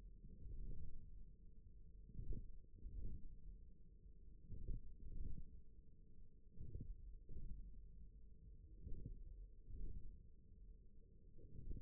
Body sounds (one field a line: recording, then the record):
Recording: forearm muscle sounds (acoustic myography)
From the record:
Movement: ulnar deviation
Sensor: system 1, eight BSWA MPA416 microphones around the upper forearm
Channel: 4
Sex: male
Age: 41 years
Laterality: right